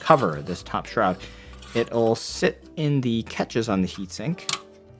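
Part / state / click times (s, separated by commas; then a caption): top shroud cover onto CPU cooler heat sink / not seated / none. Someone talks while handling the top cover shroud of a Dark Rock Elite / Dark Rock Pro 5 CPU air cooler, about to set it into the catches on the heat sink, where it snaps down magnetically. Only speech is heard, with no distinct click. Nothing has seated or clicked yet.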